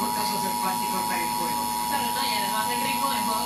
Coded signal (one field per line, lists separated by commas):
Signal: Emergency Alert System (SAME) tones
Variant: 853 and 960 Hz attention tone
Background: speech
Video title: 2 emergency alert system videos